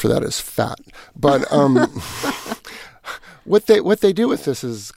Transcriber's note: soundbite of laughter